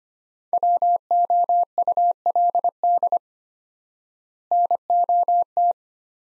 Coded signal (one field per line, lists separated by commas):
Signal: Morse code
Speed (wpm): 25 wpm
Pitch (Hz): 700 Hz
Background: none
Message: WOULD NOT